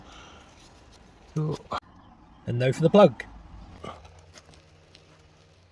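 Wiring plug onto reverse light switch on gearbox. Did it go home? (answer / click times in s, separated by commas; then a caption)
no / none. Someone talks while a wiring plug is lined up on a newly fitted reverse light switch on a VAG (Seat, Volkswagen, Skoda, Audi) gearbox before being pushed home. Faint knocks come around 4.0, 4.5 and 5.0 seconds as the connector is worked into position. The plug has not seated or clicked yet.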